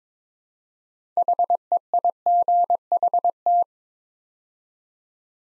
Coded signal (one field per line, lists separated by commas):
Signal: Morse code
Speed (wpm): 22 wpm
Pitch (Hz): 700 Hz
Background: none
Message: HEIGHT